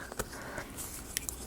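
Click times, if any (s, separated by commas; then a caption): none. A plywood part from a Wood Trick antique lantern kit, a wooden model peg, is pressed into its mating slot on the wooden lantern model. Soft taps come at about 0.1 and 0.2 s and two sharp, very short ticks at about 1.2 and 1.3 s over a low, quiet background. The part has not snapped in, though it is stuck in the slot pretty well.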